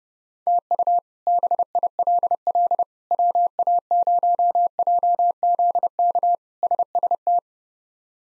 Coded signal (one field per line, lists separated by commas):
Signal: Morse code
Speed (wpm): 30 wpm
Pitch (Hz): 700 Hz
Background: none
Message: TU BILL WA0JZK SST